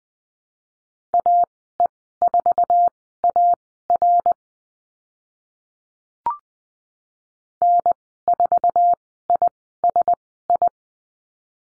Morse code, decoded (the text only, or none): AE4AR N4ISI